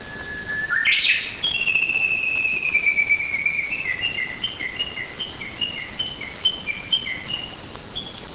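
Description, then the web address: Japanese bush warbler song: a low steady whistle jumps sharply into a bright flourish, then a long run of quick paired notes alternating between two pitches, fading gradually. Recorded outdoors in 2002. "outdoor 2002 uguisu"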